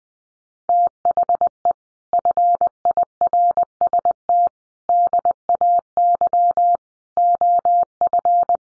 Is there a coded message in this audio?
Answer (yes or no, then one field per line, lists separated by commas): yes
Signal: Morse code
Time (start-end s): 0.7-8.6 s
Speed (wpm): 20 wpm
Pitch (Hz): 700 Hz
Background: none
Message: THE FIRST DAY OF